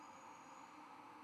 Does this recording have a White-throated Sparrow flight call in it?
no